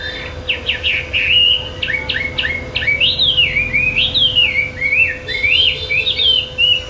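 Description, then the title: Bird song: several quick clipped notes, then long swooping whistles that rise and fall in a lively, continuous sequence over a low hum. "SuaraBurung Kicau6"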